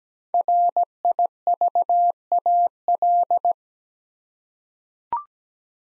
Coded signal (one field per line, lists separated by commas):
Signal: Morse code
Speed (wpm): 17 wpm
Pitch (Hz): 700 Hz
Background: none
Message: RIVAL